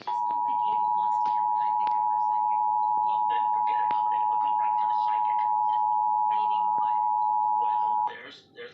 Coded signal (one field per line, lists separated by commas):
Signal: Emergency Alert System (SAME) tones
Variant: 853 and 960 Hz attention tone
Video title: 2019 National Periodic Test (WFAA/KXAS (Fail)/KDFW) (EAS #389-392).